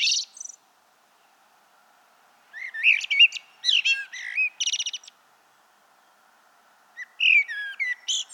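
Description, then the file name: Common blackbird calls in short bursts of squeaky, chattering high notes separated by pauses, over a faint steady insect-like hum. "Turdus merula"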